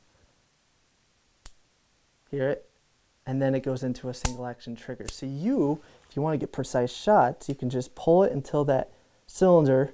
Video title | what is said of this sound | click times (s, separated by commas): Smith&Wesson 586 | it's so smooth and if you gauge it right you can feel when the cylinder lock latches in to hear it | 1.5 s